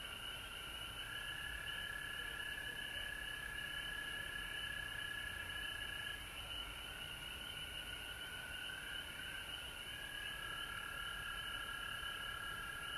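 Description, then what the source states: Frogs sustain a steady trilling chorus whose pitch steps slightly up and down, with rapid repeated calls layered over it. Recorded at home in Georgia on March 19, 2020.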